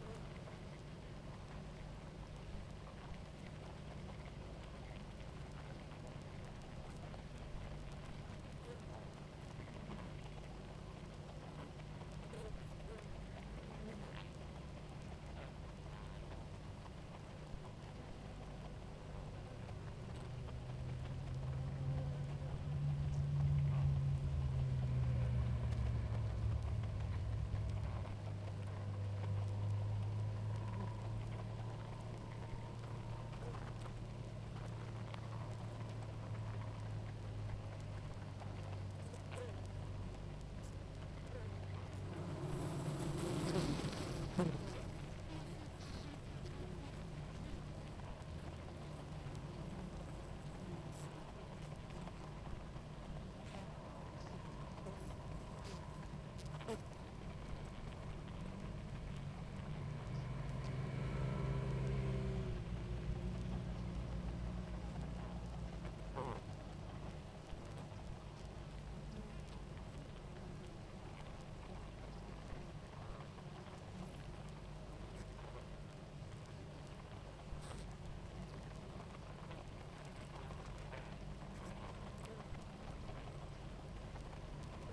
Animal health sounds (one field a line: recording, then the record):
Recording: honeybee colony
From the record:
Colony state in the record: active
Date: 28 July 2017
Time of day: 18:08